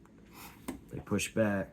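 The plastic retention clip on a motherboard DIMM memory slot is pushed down to open it, and it releases with a sharp click at 0.7 s. Someone talks during the rest of the clip.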